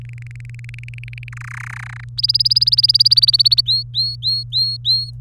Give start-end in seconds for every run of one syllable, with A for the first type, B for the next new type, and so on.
0.02-1.29 A, 1.32-2.04 B, 2.17-3.61 C, 3.66-5.11 D